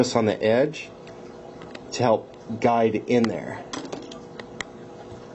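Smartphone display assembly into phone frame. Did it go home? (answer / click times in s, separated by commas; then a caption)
yes / 4.6 s. Someone talks while the top edge of a replacement display assembly for a cracked, water-damaged Apple iPhone 5s is guided into the notches on the phone frame's bezel, with a few faint ticks in between. The display's top edge pops into the bezel with a sharp click at 4.6 s, seating it in place.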